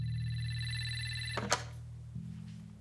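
telephone ringing

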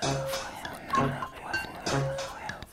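pig grunting

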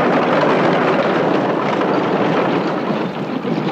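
tractor engine running

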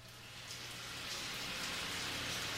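rain falling

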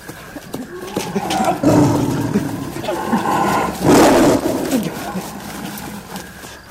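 tiger roaring

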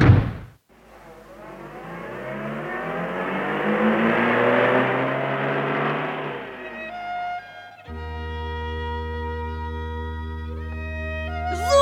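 car driving away

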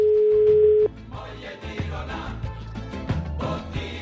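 telephone ringing

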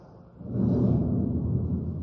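thunder

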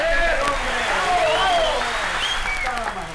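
audience applause

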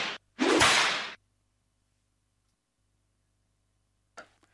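whip crack sound effect

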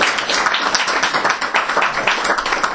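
audience applause

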